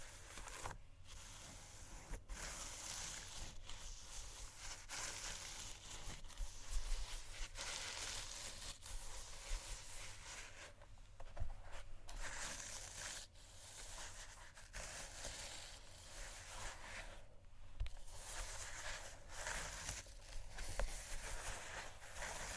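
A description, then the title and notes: Shoes scratch and scrape in a dense, continuous rasp with brief quiet gaps, scattered sharper taps, and a low steady hum underneath. ASMR Shoes Scratching & Tapping（No Talking）.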